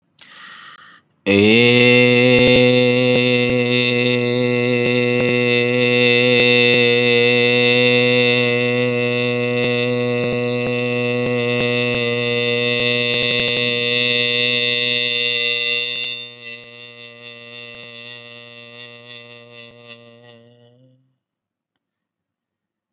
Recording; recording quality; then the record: sustained vowel as in made; excellent, no background noise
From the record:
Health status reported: COVID-19 positive, moderate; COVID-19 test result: positive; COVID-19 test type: RT-PCR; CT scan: not taken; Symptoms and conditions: cough, cold, sore throat, fatigue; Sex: male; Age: 26 years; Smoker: no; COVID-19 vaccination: both doses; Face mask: not worn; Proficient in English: yes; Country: India